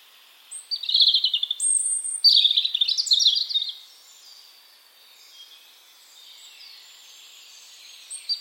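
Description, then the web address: European robin singing a sweet, varied phrase of about three seconds: high piping notes and quick trilled twitters that slide downward, followed by quiet with faint notes. "Deverinetal 2025 File origin Bird Only Er Ru"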